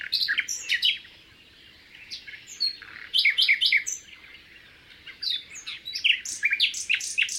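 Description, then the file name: Common nightingale singing clusters of sharp, varied chirps and whistles in several short phrases. "Luscinia megarhynchos"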